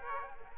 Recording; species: mosquito wingbeat signal from an infrared sensor; Aedes aegypti